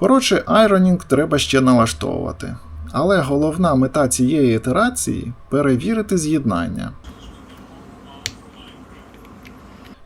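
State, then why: Seated. A 3D-printed plastic joint peg from the first print revision of an articulated figure is pressed into its limb socket, snapping in with a sharp click at 8.3 s after someone talks for the first seven seconds. The peg seats and clicks pleasantly but the joint wobbles and does not hold, so the clearance between hole and peg needs to be reduced.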